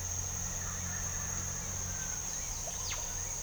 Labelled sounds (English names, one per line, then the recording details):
none
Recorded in pastures near Puerto Asís, Putumayo, Colombia, on 18 December 2024 at 07:00
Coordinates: 0.497, -76.327
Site G088